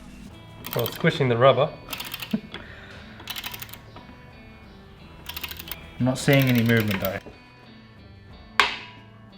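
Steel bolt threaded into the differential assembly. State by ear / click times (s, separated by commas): stripped / 8.6 s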